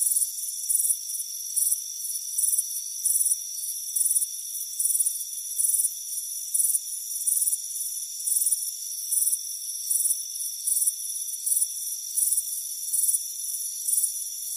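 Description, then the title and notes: Cricket chirps come as quick, evenly spaced high trills above a constant shrill background whine, with no other sounds. Crickets chirping on a warm afternoon by a front porch. "Soothing Crickets Chirping Sound. It's a warm afternoon as you relax in a hammock on the front porch. Relax and fall asleep to the soothing sound of chirping crickets. Deep Sleep Sounds"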